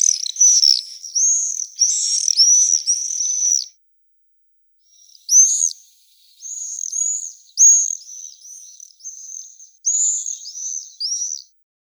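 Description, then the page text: Common swift screaming calls: shrill, buzzy screams in rapid overlapping series, a burst of about four seconds, a pause, then further scream runs. "Птицы России - Чёрный стриж (Apus apus)"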